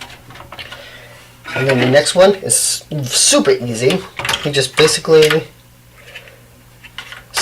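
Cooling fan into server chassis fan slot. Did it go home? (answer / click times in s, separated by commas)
yes / 7.0 s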